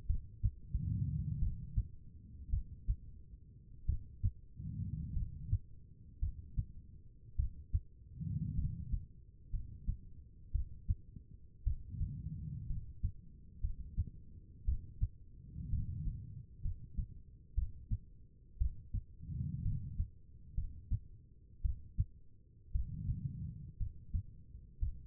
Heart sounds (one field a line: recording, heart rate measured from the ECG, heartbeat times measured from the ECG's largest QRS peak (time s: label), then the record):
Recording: heart sounds by stethoscope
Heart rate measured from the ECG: 56 bpm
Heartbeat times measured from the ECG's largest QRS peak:
0.07 s: heartbeat
1.39 s: heartbeat
2.50 s: heartbeat
3.86 s: heartbeat
5.14 s: heartbeat
6.20 s: heartbeat
7.36 s: heartbeat
8.56 s: heartbeat
9.51 s: heartbeat
10.52 s: heartbeat
11.64 s: heartbeat
12.67 s: heartbeat
13.61 s: heartbeat
14.65 s: heartbeat
15.71 s: heartbeat
16.62 s: heartbeat
17.55 s: heartbeat
18.58 s: heartbeat
19.63 s: heartbeat
20.55 s: heartbeat
21.62 s: heartbeat
22.72 s: heartbeat
23.78 s: heartbeat
24.80 s: heartbeat
From the record:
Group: healthy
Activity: rest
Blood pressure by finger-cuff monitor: 85/56 mmHg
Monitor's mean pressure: 64 mmHg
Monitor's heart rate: 57 bpm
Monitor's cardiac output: 4.5 L/min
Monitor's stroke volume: 75 mL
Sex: female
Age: 36 years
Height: 163 cm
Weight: 88 kg